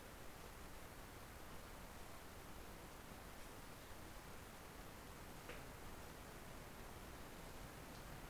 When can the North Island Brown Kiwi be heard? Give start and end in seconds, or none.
none